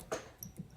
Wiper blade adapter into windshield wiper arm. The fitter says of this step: And then you're going to push it till it clicks.